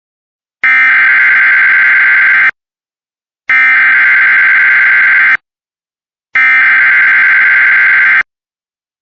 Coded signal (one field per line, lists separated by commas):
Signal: Emergency Alert System (SAME) tones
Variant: header bursts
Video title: And now SVA (EAS 107)